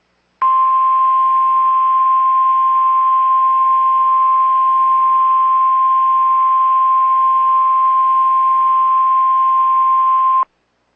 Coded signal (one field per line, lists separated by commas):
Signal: Emergency Alert System (SAME) tones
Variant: 1050 Hz attention tone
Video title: REAL EAS 1424- Severe Thunderstorm Warning